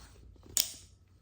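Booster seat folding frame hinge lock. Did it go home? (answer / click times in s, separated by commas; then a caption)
yes / 0.6 s. The folding frame of a Hiccapop OmniBoost travel booster seat is opened until its hinge lock clicks into place. After some quiet low rustling, a single sharp, bright click lands at 0.6 s and rings briefly. The frame is now locked open.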